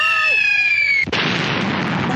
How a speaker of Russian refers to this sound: Упал кирпич на лесу и... Отдавил ей хвост.